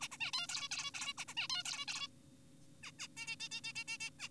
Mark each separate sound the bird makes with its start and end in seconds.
0.01-0.08, 0.11-0.18, 0.21-0.31, 0.33-0.47, 0.49-0.69, 0.71-0.91, 0.94-1.13, 1.18-1.25, 1.28-1.34, 1.37-1.48, 1.50-1.63, 1.65-1.85, 1.88-2.08, 2.83-2.91, 2.99-3.08, 3.17-3.36, 3.40-3.49, 3.52-3.61, 3.64-3.73, 3.76-3.84, 3.88-3.98, 4.01-4.10, 4.19-4.29